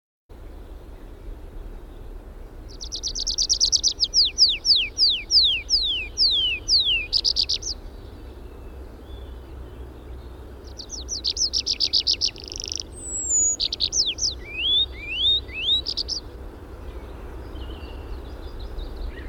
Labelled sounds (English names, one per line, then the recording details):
Tree Pipit song
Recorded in the wild
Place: Glowe, Insel Rügen, Mecklenburg-Vorpommern, DE
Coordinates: 54.569, 13.471
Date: 1974-04-21
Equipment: Nagra III BH, Sennheiser MD 21, parabola
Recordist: Schubert, Michael